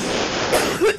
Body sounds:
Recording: coughing mixed with background sound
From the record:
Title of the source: 34 coughing up crap again

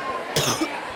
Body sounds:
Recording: coughing mixed with background sound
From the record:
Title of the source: Wet coughing

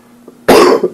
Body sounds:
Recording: coughing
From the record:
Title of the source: Coughing 77

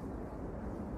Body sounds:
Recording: background sound without coughing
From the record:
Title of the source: Train Ride Ambience ambient white noise for sleeping, focus, studying, reading

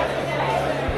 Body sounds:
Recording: background sound without coughing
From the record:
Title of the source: CITY SOUNDS Busy Bar in the Evening Night - 2 HOURS of Ambiance for Relaxation

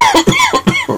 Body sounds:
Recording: coughing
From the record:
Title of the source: Dry Coughing Fit in the Afternoon.

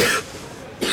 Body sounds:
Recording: coughing mixed with background sound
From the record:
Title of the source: 64 coughing, allergies, singing lungs

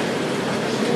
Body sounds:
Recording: background sound without coughing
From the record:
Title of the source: Office Sounds Ambience - Background Noise for Study and Work

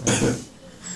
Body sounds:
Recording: coughing mixed with background sound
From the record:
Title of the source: Spring Cold Coughing.

